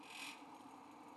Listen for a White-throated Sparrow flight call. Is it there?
no